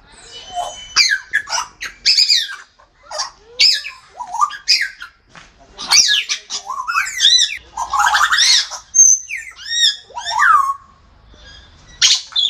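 Grey parrot calling with a varied run of harsh squawks, clear whistles and sliding harmonic notes, delivered in quick irregular bursts with short pauses between.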